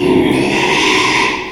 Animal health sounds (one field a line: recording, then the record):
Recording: squeal of a Yucatan mini pig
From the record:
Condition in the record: after surgery on the right vocal fold (resection and tissue-engineered implant)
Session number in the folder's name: 1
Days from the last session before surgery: 6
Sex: male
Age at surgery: 12 weeks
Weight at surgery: 13 kg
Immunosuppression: cyclosporine, prednisolone